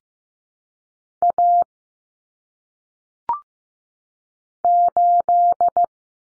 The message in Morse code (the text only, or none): A 8